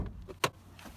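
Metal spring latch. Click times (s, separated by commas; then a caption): 0.4 s. In a Hyundai Tucson, the hood release lever by the driver's left footwell is pulled. At 0.4 s the hood latch at the front lets go with a single sharp pop, with only faint, softer sounds before and after. The hood is released.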